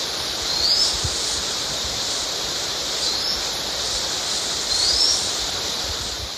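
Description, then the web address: Green manakin giving two quick rising whistled notes, with a fainter note between them, all under a continuous rushing hiss. In Ecuador. "Birds of Ecuador. Green Manakin"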